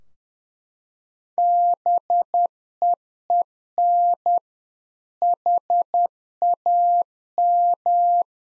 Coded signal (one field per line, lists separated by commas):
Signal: Morse code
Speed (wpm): 10 wpm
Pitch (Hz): 700 Hz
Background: none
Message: BEEN HAM